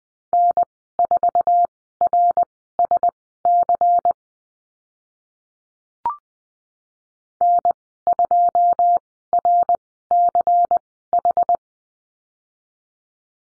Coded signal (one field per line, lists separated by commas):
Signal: Morse code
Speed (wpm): 20 wpm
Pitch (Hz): 700 Hz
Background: none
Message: N4RSC N2RCH